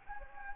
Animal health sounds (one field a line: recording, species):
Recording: mosquito wingbeat signal from an infrared sensor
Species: Anopheles gambiae